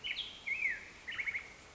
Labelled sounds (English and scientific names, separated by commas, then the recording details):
Black-headed Grosbeak (Pheucticus melanocephalus)
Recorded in Sonoma County, California